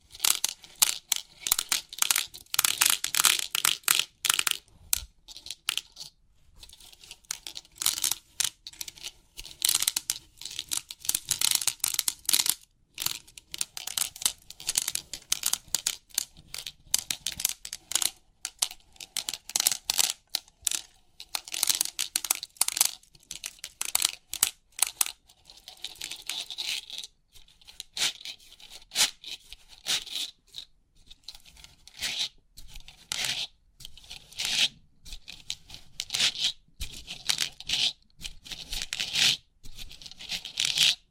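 Crisp pin art sounds: rapid clicking and scratchy rustles as the pins are pressed and shifted, dense bursts with short pauses throughout. The clatter is bright and sharp, mostly high-pitched, with brief silences between strokes around the fifth and twenty-fifth seconds.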